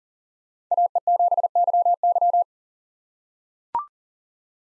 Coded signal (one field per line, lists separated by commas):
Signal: Morse code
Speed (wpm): 40 wpm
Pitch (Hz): 700 Hz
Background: none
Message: AE7YY